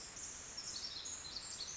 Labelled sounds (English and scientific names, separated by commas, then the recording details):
Pacific Wren (Troglodytes pacificus)
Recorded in Sonoma County, California